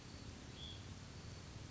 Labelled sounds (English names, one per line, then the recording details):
Hutton's Vireo
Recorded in Sonoma County, California